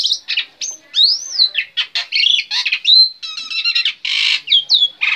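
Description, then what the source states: Black-winged myna song: an unbroken jumble of squawks, looping slurred whistles and buzzy rattles. Indonesian name jalak putih; bird described as gacor, singing constantly.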